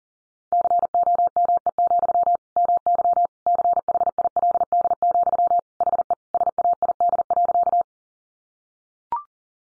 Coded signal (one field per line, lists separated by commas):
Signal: Morse code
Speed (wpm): 40 wpm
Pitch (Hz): 700 Hz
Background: none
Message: COME, MY CHILD, HE SAID.